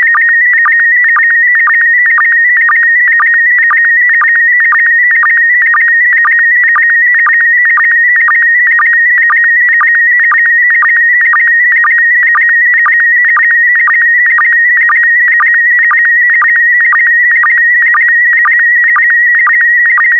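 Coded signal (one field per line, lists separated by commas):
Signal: SSTV (slow-scan television)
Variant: PD120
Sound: continuous warbling high tone with rhythmic short low blips about twice a second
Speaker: complete you can now check your decoded image against the picture that is shown on the video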